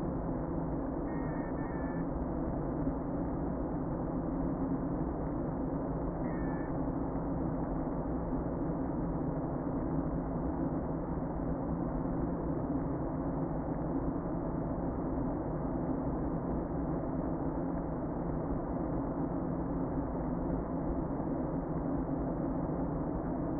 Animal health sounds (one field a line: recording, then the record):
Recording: honeybee colony, microphone inside the hive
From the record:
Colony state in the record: queen present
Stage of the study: before two queens were removed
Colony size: about 60,000 bees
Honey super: yes